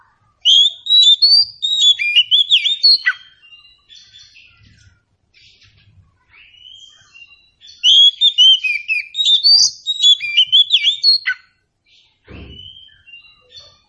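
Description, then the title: Oriental Magpie-Robin singing two long, loud bursts of rich varied whistles and scratchy notes, softer notes in between, and a brief low thump near the end. Meant to prompt a bird to sing in reply. "Nyaut Kacer"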